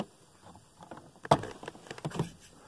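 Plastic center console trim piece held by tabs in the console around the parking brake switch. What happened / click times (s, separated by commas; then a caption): The plastic trim piece popped free of its retaining clips / 1.3 s. On a Volkswagen Golf Mk4, the plastic center console trim piece around the parking brake switch is pried up from the top, with faint scraping and handling before it. Its retaining tabs let go with a sharp pop at 1.3 s, and the trim comes free of its clips, followed by a few softer knocks as it is handled.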